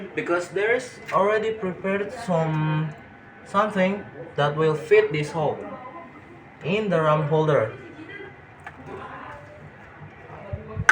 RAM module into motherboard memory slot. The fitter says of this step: Push it till it clicks,